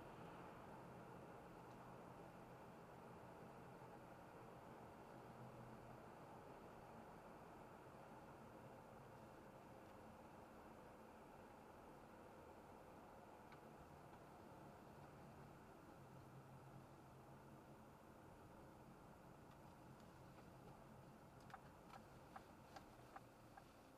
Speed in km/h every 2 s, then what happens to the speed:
47, 47, 44, 44, 41, 41, 39, 35, 35, 35, 34, 29.
0-24 slows to 29.